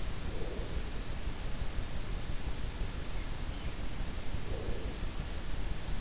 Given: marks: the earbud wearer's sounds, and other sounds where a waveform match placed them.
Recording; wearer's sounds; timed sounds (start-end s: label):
sounds in sleep by an in-ear microphone; breath
0.00-1.41 s: breath
4.03-5.46 s: breath